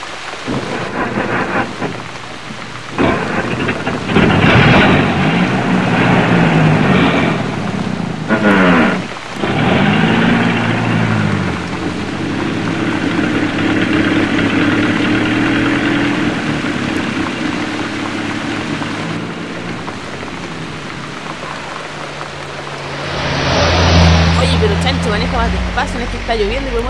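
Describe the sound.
Steady, loud downpour hisses throughout while low thunder rumbles roll beneath it, swelling near the end, as people drive in a car. Voices speak intermittently over the rain.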